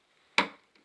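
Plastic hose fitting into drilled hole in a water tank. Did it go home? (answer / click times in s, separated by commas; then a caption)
yes / 0.4 s. A plastic barbed hose fitting with a retaining lip is pushed into a tight drilled hole in a plastic water tank and pops in with a single sharp snap at 0.4 s, followed by a few faint light ticks. The fitting seats and locks in place.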